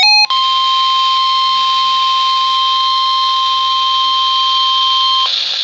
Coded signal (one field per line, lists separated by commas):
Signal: Emergency Alert System (SAME) tones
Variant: 1050 Hz attention tone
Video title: Real EAS #566 - Severe Thunderstorm Warning